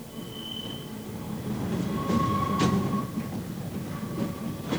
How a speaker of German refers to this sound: Die Straßenbahn fährt durch den nebelnassen Hamburger Nachmittag. Der ist grau und die Bahn ist gelb und verloren darin.